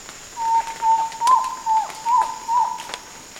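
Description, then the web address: Frog gives six tonal notes in steady succession, evenly spaced, each with a brief dip in pitch at its end; faint background hiss. "chants hylmac"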